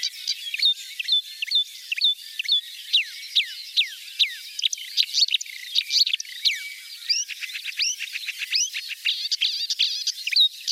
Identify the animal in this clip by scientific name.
Acrocephalus palustris